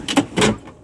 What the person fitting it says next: And again, it locks in place.